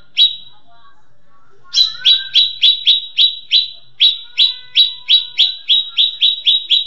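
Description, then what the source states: Leafbird song: one sharp chip, a pause, then a steady quickening series of bright downslurred chip notes. Cucak ijo song in the tembakan cililinan style.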